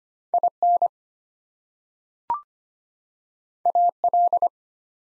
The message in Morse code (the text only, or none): IN AL